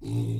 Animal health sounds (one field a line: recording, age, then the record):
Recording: pig call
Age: weaner (32 to 43 days)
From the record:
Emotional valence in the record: negative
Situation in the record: short isolation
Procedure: open field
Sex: female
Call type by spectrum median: low-frequency call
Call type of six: low-frequency stable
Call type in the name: low-frequency stable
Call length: 0.39 s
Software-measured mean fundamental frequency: 56 Hz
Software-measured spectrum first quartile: 114 Hz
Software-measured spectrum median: 165 Hz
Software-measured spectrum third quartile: 370 Hz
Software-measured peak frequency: 118 Hz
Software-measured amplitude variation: 84 dB a second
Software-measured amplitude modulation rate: 24.1 a second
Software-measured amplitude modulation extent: 3.5 dB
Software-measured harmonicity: 4.7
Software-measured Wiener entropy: -0.57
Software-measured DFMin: 1470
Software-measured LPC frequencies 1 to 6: 227, 2542, 3803, 4642, 5585, 6385 Hz